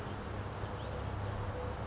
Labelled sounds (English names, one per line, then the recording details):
California Towhee
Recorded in Sonoma County, California